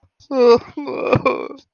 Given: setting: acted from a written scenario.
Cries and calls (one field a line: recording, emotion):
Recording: vocal sound without words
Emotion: sadness